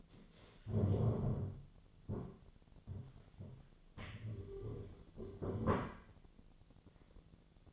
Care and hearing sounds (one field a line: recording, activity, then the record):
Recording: daily activity, microphone in the room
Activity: stand up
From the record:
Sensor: 4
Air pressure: 1009.0 hPa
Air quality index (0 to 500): 170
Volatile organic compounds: 5 ppm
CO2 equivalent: 1710 ppm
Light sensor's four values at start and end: 24/74/28/27 and 24/74/28/27